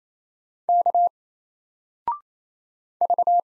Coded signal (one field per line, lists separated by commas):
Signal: Morse code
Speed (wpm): 27 wpm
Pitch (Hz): 700 Hz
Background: none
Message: K V